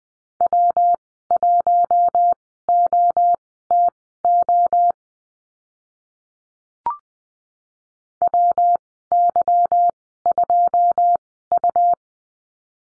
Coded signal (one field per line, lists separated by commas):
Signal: Morse code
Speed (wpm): 20 wpm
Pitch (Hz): 700 Hz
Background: none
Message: W1OTO WY2U